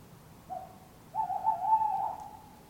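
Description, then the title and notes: Tawny owl giving a short soft note followed by a longer wavering, trembling hoot. Two tawny owls calling in an urban setting, Surrey, England; recorded from a bedroom window with a handheld digital recorder. "Couple of Tawny Owls calling, Surrey, England"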